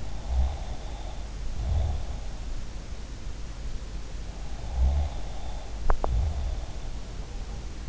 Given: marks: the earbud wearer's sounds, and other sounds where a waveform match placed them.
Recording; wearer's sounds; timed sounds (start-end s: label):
sounds in sleep by an in-ear microphone; snoring breath, teeth grinding
0.00-2.44 s: snoring breath
4.45-6.92 s: snoring breath
5.83-6.28 s: teeth grinding